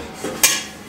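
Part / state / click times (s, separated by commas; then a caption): loaf pan into bread maker base / seated / 0.4 s. A metal loaf pan is set into a Frigidaire bread maker and twisted until it locks into place. A faint scrape at about 0.2 s is followed by a single sharp metallic click at 0.4 s as the pan seats and locks.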